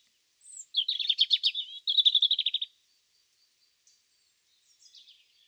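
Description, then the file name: European robin singing two quick phrases of rapid, repeated high notes, the second a tight trill, followed by a few faint, thin, high notes. "Erithacus rubecula"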